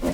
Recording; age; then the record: pig call; piglet (1 to 25 days)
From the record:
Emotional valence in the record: positive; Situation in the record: reunion after long isolation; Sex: male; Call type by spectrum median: low-frequency call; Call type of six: low-frequency tonal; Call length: 0.14 s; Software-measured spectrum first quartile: 223 Hz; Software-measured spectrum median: 424 Hz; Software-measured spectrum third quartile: 909 Hz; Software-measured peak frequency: 252 Hz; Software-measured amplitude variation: 75 dB a second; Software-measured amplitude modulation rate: 11.0 a second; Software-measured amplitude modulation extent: 6.8 dB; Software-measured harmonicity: 0.4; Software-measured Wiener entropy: -1.04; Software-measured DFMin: 815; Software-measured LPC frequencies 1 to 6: 467, 1984, 2803, 3945, 4904, 6014 Hz